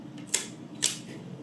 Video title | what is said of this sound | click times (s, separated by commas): Zeis Ikon Nettar II Review - a cheap way to get into Medium Format film photography | with this camera after whined it on it clicks and then again | 0.3 s, 0.9 s